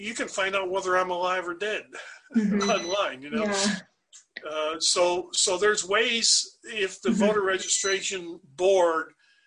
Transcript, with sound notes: you can find out whether I’m alive or dead (Laughs) online. So there’s ways, if the voter registration board